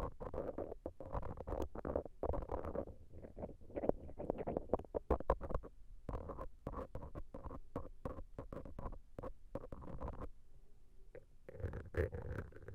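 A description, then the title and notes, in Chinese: A stainless steel ear pick scrapes and rubs in dense, crackly bursts with soft low rumbles, pausing briefly near ten seconds before resuming. 不鏽鋼掏耳棒 ASMR。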